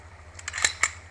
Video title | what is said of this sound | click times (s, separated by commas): Quick review of a Smith & Wesson SW9VE Sigma 9MM | and pull it back. You'll hear the pop. | 0.6 s, 0.8 s